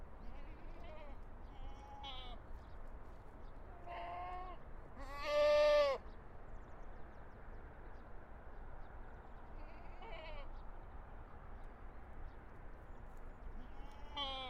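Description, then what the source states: Goats bleating: several quavering, nasal bleats, mostly soft, with one loud wavering bleat midway over a steady low background hiss. Recorded at Terezín.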